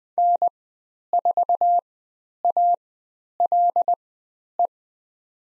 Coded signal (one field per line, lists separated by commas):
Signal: Morse code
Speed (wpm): 20 wpm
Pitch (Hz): 700 Hz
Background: none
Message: N4ALE